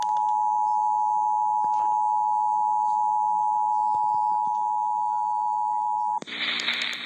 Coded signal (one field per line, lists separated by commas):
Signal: Emergency Alert System (SAME) tones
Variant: 853 and 960 Hz attention tone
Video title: EAS Tornado Warning Webster Missouri KTTS-FM